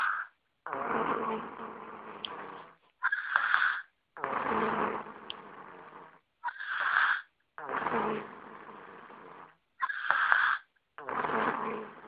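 A child snores steadily at about 17 to 18 breaths a minute. Each cycle pairs a long, rough, rattling snore with a shorter, higher, whistling sound, and short silences fall between breaths. This is noisy sleep breathing, consistent with snoring.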